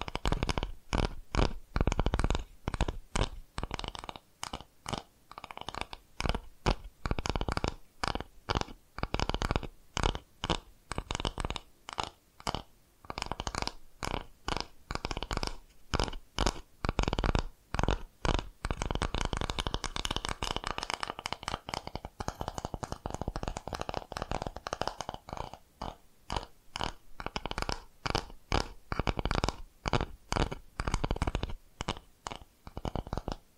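Rapid tapping triggers come in quick, dense bursts throughout, each tap a sharp hit with a soft thud beneath it. The pace stays busy and fairly regular with brief gaps, and the taps shift slightly in tone from stretch to stretch.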